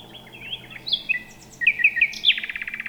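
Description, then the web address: Common nightingale with short whistled notes, a few sharp chirps, then a fast series of buzzy repeated notes. "nachtegaal luscinia megarhynchos"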